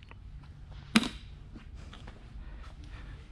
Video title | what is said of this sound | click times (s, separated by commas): Harley Pushrod Adjustment & Rocker Boxes - Twin Cam Engine Build - Kevin Baxter - Pro Twin Performan | slide that in there easy and it will snap right into the o-ring | 1.0 s